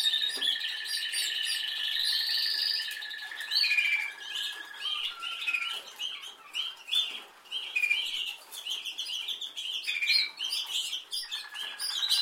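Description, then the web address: Canary song: a sustained rolling trill sweeping upward, then varied whistled and chirped phrases with abrupt pitch changes. "Golchin Best Canari Seda Canari. Niyaz Music)"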